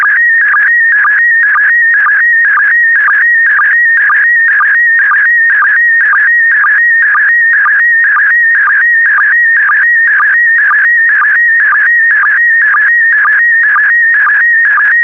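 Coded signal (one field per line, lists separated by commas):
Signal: SSTV (slow-scan television)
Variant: PD120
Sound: warbling tone near 1.9 kHz with steady rhythmic low blips about twice a second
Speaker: the next image transmission will start in 10 seconds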